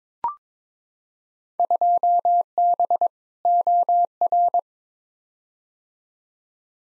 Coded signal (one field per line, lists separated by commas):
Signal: Morse code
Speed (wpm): 22 wpm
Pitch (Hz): 700 Hz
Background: none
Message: 2B OR